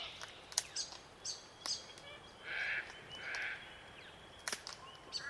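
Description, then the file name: Glossy black cockatoo giving two harsh, grating calls in the middle, surrounded by sharp clicks and faint squeaks. Soundscape of melodic glossy black cockatoo calls. "melodic glossy black cuckatoos"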